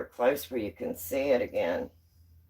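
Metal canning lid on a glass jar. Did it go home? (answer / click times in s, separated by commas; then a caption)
no / none. A metal Ball canning lid sits on a cooling glass jar of chicken pressure-canned in an electric pressure canner, waiting to pull down under vacuum and seal. Someone talks throughout over a low steady hum, then the sound goes quiet near the end. Nothing has popped or sealed yet.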